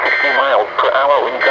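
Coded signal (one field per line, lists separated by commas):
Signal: Emergency Alert System (SAME) tones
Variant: end-of-message bursts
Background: speech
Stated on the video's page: Severe thunderstorm warnings received on multiple stations.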